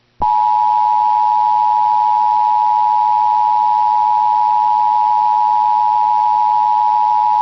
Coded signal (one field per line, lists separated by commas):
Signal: Emergency Alert System (SAME) tones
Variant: 853 and 960 Hz attention tone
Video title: Right Back To It | EAS Alerts from July 3rd, 2023 (EAS #2857-2864)